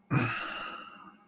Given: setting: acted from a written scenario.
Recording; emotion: vocal sound without words; guilt